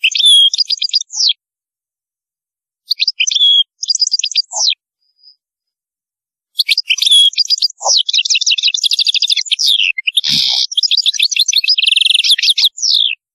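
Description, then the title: European goldfinch song in bursts of bright twittering and short trills, then a long continuous stream of tinkling notes, rattles and buzzy segments. "Chant Chardonneret"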